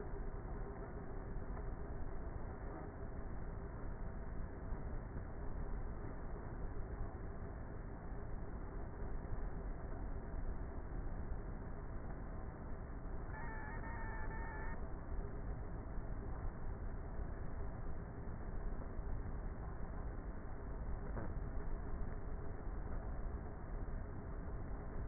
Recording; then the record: honeybee colony, microphone inside the hive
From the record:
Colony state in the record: queenless with a low population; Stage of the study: before two queens were removed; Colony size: about 30,000 bees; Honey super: no